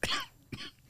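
Two short, explosive coughs about half a second apart from an adult woman, the first louder and longer, the second softer. Both are dry-sounding bursts in a quiet room.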